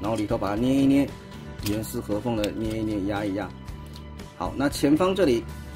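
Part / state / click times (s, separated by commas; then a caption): front plastic section of the car-mode figure into its mating clip / not seated / none. Someone talks over background music while handling a Transformers Studio Series Gamer Edition War for Cybertron Deluxe Class Sideswipe figure, pinching and pressing the front plastic section of its car mode toward its mating clip. Brief plastic handling taps are heard around 4.0 and 4.2 seconds, but the front section has not clicked or seated yet when the clip ends.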